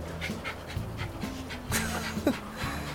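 A dog pants in quick, rhythmic huffs of breath, moderately loud and steady over a low background hum, with a brief high squeak partway through.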